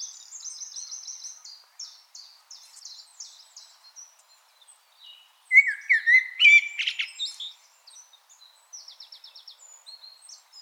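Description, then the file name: Common blackbird song: faint high twittering at first, then a loud, rich fluted phrase with squeaky flourishes, followed by soft high trills. "Turdus merula"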